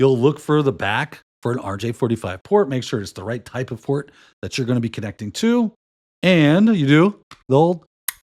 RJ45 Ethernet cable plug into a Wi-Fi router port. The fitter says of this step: Ah, don't you just love Isn't that so satisfying to hear that click?